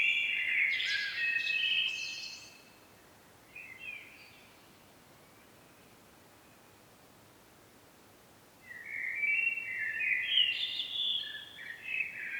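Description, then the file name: Common blackbird song, with a fluting phrase with high twitters, a long pause with faint notes, then a fresh warbled phrase. "Turdus merula"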